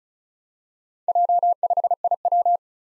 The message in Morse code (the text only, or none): J5IW